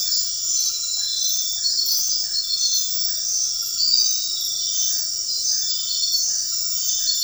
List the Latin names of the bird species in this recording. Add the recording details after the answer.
none. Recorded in dense forest near Puerto Asís, Putumayo, Colombia, on 18 February 2024 at 20:30. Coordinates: 0.500, -76.322. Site G6465